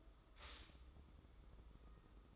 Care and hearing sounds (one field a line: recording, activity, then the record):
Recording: daily activity, microphone in the room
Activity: stop toaster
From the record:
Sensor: 3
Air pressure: 995.3 hPa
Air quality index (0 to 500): 75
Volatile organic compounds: 5 ppm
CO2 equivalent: 1770 ppm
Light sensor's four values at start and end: 18/55/23/20 and 18/55/23/20